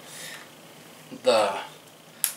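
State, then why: Seated. A thin plastic protective case is pressed back onto a handheld game console while someone talks, to make sure it snaps and secures the whole way. A sharp snap at 2.2 s marks the case seating fully in place.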